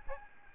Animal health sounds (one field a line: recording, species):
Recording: mosquito wingbeat signal from an infrared sensor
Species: Aedes albopictus